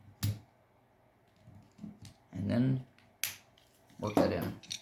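During cleaning and reassembly of a Glock 26 Gen 3 pistol, a small internal part is worked into the slide by hand while someone talks, with a sharp metallic hit at about 3.2 seconds among softer handling sounds. The part has not seated or clicked into place yet.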